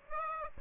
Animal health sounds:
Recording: mosquito wingbeat signal from an infrared sensor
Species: Aedes aegypti

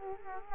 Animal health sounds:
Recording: mosquito wingbeat signal from an infrared sensor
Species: Culex quinquefasciatus

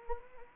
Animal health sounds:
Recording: mosquito wingbeat signal from an infrared sensor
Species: Anopheles arabiensis

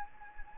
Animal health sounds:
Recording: mosquito wingbeat signal from an infrared sensor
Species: Anopheles gambiae

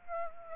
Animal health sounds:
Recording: mosquito wingbeat signal from an infrared sensor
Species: Aedes aegypti

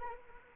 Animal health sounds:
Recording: mosquito wingbeat signal from an infrared sensor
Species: Anopheles arabiensis

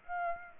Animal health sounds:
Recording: mosquito wingbeat signal from an infrared sensor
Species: Aedes aegypti

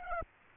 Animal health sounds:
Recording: mosquito wingbeat signal from an infrared sensor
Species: Aedes aegypti

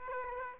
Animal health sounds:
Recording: mosquito wingbeat signal from an infrared sensor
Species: Aedes aegypti

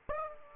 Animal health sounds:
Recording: mosquito wingbeat signal from an infrared sensor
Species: Aedes aegypti

